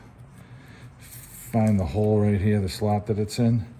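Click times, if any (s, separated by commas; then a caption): none. A plastic wiring retaining clip on a 2000-2006 Toyota Tundra is lined up with its hole or slot on the suspension bracket during an upper control arm replacement. Someone talks over low background noise while the clip is handled. Nothing has seated or clicked yet.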